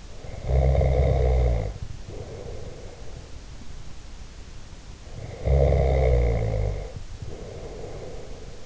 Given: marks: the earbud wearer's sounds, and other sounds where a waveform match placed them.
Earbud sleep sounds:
sounds in sleep by an in-ear microphone; snoring breath
0.08-3.27 s: snoring breath
5.22-8.66 s: snoring breath

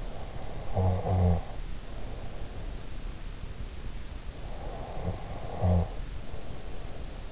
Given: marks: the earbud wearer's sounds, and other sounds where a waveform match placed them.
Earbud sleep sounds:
sounds in sleep by an in-ear microphone; snoring breath
0.10-2.65 s: snoring breath
4.45-7.32 s: snoring breath

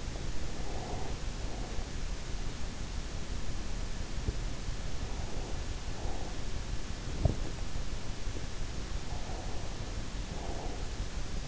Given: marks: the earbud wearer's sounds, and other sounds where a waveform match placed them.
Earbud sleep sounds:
sounds in sleep by an in-ear microphone; breath
0.00-2.57 s: breath
9.06-11.48 s: breath

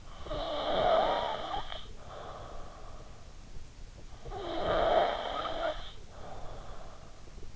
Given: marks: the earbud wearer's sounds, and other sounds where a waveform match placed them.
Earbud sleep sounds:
sounds in sleep by an in-ear microphone; snoring breath
0.00-3.21 s: snoring breath
3.92-7.47 s: snoring breath

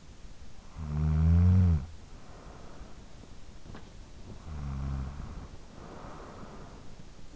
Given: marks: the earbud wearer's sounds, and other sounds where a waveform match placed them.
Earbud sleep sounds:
sounds in sleep by an in-ear microphone; snoring breath
0.26-3.38 s: snoring breath
3.52-7.36 s: snoring breath

